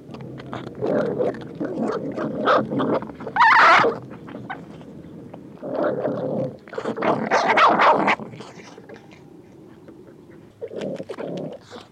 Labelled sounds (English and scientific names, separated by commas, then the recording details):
Sand Fox (Vulpes rueppellii)
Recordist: Tembrock, Günter
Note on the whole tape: Gruppe: Streit um Futter